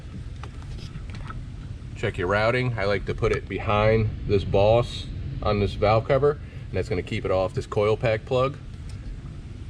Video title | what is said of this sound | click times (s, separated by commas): J&L Oil Separator Co. 2024-2026 Ford Mustang EcoBoost Install 3095D | just going to push that on you'll hear it snap | 0.4 s